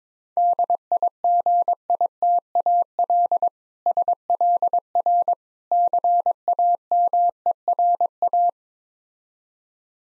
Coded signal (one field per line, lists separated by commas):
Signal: Morse code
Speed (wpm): 22 wpm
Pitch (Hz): 700 Hz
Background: none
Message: DIGITAL SLR CAMERA